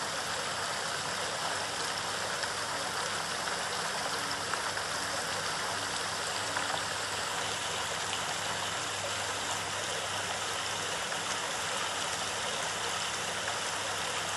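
Steady rain falls throughout, a dense, even hiss with fine crackling patter that never lets up. The sound is bright, with a faint low hum underneath, like an engine idling, and no distinct events stand out over the fourteen seconds.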